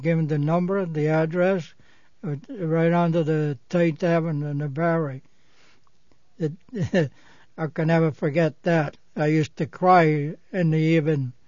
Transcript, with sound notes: I give him the number, the address, right under the Third Avenue in the Bowery. ( he laughs ) I can never forget that. I used to cry in the evening.